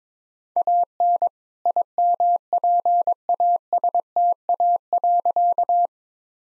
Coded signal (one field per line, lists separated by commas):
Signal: Morse code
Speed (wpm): 22 wpm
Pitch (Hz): 700 Hz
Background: none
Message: AN IMPASTA.